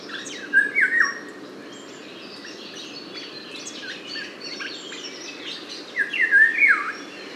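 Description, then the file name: Eurasian golden oriole singing two liquid, yodelling whistled phrases that drop in pitch, separated by a quieter pause with faint background chatter. "loriot"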